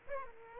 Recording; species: mosquito wingbeat signal from an infrared sensor; Aedes aegypti